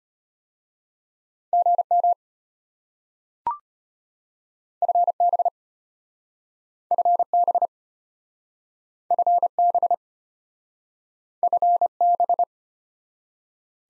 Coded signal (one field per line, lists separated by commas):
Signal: Morse code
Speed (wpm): 32 wpm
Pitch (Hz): 700 Hz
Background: none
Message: GM FB FB FB FB